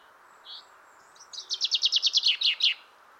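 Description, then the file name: Common chaffinch: after a brief soft note, a rapid series of high repeated notes ends in a short flourish. "Fringilla coelebs"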